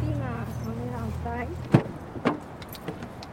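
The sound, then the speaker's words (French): A voice talks briefly, then a jingle of keys and three sharp clunks of a car door as someone climbs into a car in hot sun in Miami, each knock spaced about half a second apart. “Bon, on prend la voiture pour se bouger un peu.”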